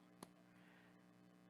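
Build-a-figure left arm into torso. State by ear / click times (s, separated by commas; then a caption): seated / 0.2 s. The left arm of a plastic build-a-figure is snapped into its torso socket, giving one short, sharp click at 0.2 s over a steady low hum. The arm seats in the torso.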